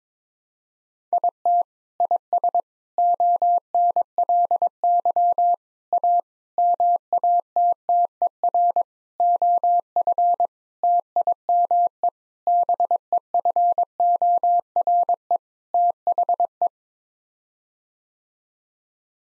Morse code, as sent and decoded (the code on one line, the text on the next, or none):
.. - / .. ... / --- -. .-.. -.-- / .- / -- .- - - . .-. / --- ..-. / - .. -- . / -... . ..-. --- .-. . / - .... .
IT IS ONLY A MATTER OF TIME BEFORE THE